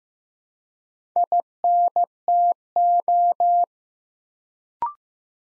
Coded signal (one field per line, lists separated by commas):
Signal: Morse code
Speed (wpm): 15 wpm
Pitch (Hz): 700 Hz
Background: none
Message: INTO